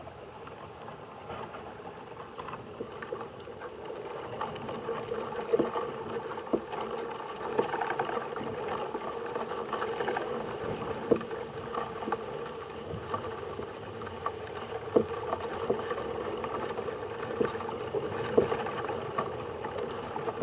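A summer field recording at Badbury Rings, Dorset: a steady, dense low-to-mid rumble runs throughout, slightly swelling after the first few seconds. Small taps and clicks scatter irregularly across it, with sharper knocks near 5, 7, 11, 15 and 18 seconds.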